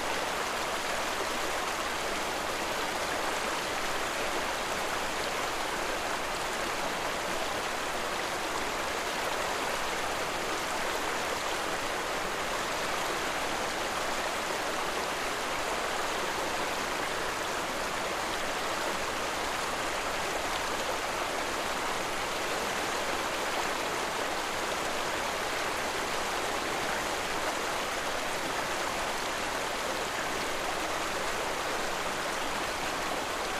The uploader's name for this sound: Serene Rushing River